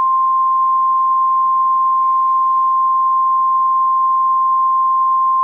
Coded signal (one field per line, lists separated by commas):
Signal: Emergency Alert System (SAME) tones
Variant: 1050 Hz attention tone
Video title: NOAA EAS CIVIL EMERGENCY MESSAGE 3/25/23